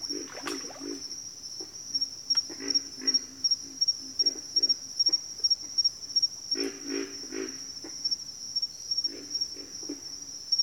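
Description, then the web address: Pig frog: low snoring grunts in short clustered bursts, set against a continuous high insect trill. "Nature Sounds Sounds of Nature Collection Pig Frogs"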